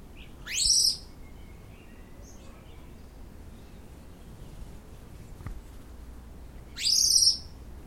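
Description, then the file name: Common blackbird giving two thin, high, sharply rising calls about six seconds apart, against a background hiss. "Turdus merula"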